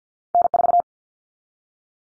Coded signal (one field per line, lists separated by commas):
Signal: Morse code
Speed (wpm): 48 wpm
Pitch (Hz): 700 Hz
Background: none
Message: N4